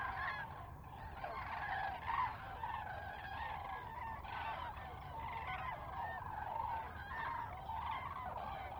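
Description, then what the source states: Common cranes giving a dense, overlapping chorus of rolling trumpeting calls, steady throughout with a hiss of background noise. Several birds on a close fly-by at Lac du Der, France, 10 January 2021.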